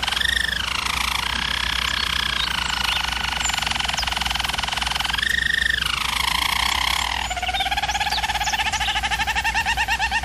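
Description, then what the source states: German Roller canary delivering continuous rolls, a brief higher phrase midway, then dropping to a lower, distinctly pulsing trill. German Roller canary singing, for canary training.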